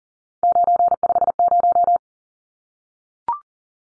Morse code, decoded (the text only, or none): 950